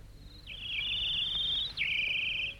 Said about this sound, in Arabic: الطيور بتغني والنسيم عليل والغصن بيميل وكل شيء جميل.